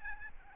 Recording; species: mosquito wingbeat signal from an infrared sensor; Aedes albopictus